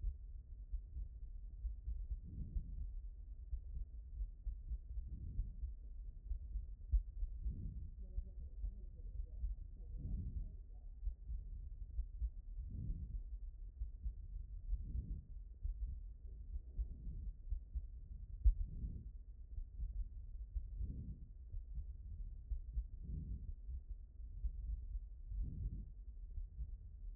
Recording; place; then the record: heart sounds by stethoscope; aortic valve (AV)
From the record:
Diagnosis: non-HFrEF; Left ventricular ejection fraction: 56%